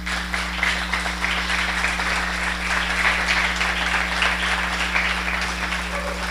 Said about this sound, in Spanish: Si les gusta, denle palmas al que vive.